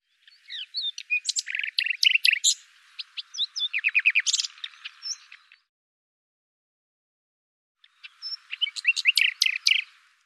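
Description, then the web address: Bird song, rapid bright chirps and twittering notes in a long phrase, silence, then another twittering burst. "Deverinetal 2025"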